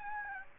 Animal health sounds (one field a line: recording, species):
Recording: mosquito wingbeat signal from an infrared sensor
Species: Aedes aegypti